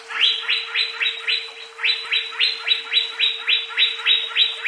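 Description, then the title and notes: Leafbird song: a steady run of rapid, buzzy chattering notes repeated about three to four times a second, over a faint constant hum. "CCKIJDaunKecil. Cucak Ijo"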